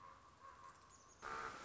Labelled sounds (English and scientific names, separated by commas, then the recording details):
Common Raven (Corvus corax)
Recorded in Sonoma County, California